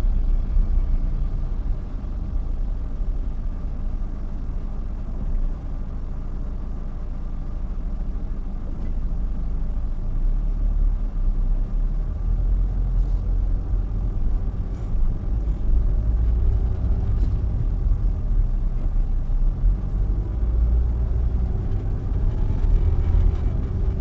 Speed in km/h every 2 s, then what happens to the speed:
6, 3, 0, 0, 0, 5, 11, 13, 17, 6, 16, 23.
3-9 standing. 9-15 pulls away to 17. 15-18 slows to 6. 18-24 speeds up to 23.